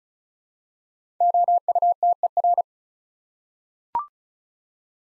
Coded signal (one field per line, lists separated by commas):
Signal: Morse code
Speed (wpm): 36 wpm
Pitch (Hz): 700 Hz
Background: none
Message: OUTER